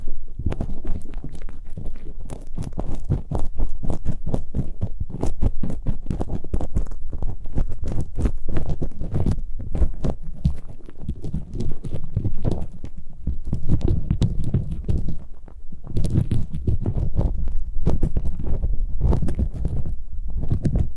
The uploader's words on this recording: Super comfortable ear picking, immersive, multiple props.